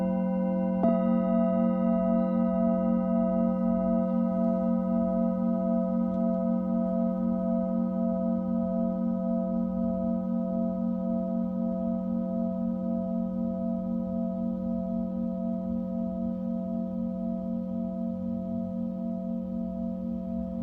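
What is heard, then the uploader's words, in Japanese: A Tibetan singing bowl is struck just before the one-second mark and rings on for the rest of the clip, its low hum and several higher overtones holding steady. The tone wavers in a slow, regular pulse and fades only slightly over twenty seconds. チベタンシンギングボウルサウンドヒーリング。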